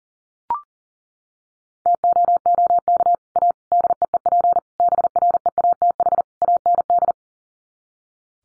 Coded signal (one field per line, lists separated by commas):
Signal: Morse code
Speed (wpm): 40 wpm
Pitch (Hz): 700 Hz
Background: none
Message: TOOK A DEEP BREATH AND